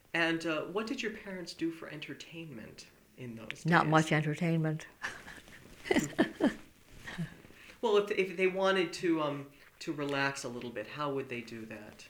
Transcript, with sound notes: And, uh, what did your parents do for entertainment in those days?
Not much entertainment. ( she laughs )
Well, if they wanted to relax a little bit, how would they do that?